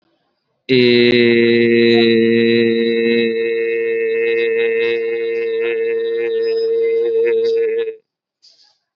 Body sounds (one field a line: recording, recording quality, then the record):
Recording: sustained vowel as in made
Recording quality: excellent, no background noise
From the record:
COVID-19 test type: RT-PCR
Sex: male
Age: 19 years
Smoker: no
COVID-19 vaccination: both doses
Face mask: worn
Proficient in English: yes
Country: India